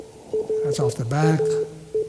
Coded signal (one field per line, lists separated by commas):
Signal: Morse code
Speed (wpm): 15 wpm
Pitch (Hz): 430 Hz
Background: speech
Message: RAE